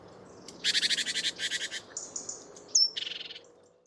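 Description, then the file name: Great tit: a dry, rapid churring rattle, then a sharp thin high note and a second, shorter rattling churr. "Parus major"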